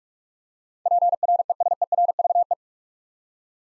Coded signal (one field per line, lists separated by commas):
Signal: Morse code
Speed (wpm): 44 wpm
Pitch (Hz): 700 Hz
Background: none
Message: PRESERVE